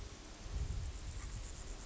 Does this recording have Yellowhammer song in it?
no